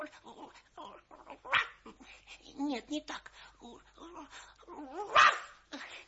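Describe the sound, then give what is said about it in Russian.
A voice imitates a puppy's high, yappy barks in a few short bursts, one sharper and louder near the end, mixed in with brief spoken words. “Стой! Лаять буду!”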